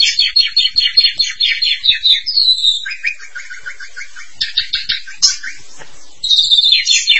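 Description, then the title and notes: Starling song: fast repeated chattering notes, a falling whistle, then lower clipped notes and a final bright burst. "suara burung jalak"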